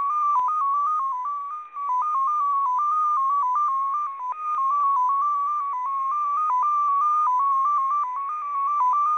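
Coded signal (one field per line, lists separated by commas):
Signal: multi-tone FSK (Olivia or MFSK type)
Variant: XPA2, 14-tone MFSK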